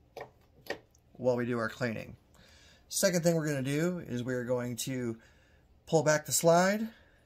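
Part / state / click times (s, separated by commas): pistol slide held open by the slide stop / not seated / none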